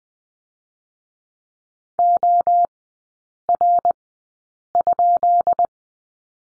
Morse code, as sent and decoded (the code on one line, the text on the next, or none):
--- .-. ..--..
OR?